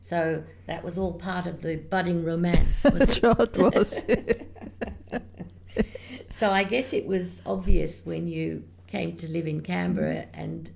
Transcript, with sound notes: So that was all part of the budding romance, was it? [laughs]
That’s right, it was, yeah!
[laughter] So I guess it was obvious when you came to live in Canberra and